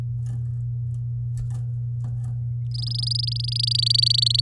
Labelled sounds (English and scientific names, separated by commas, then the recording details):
Domestic Canary (Serinus canaria) song
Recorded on 10 May 2018 at 11:32
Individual llb16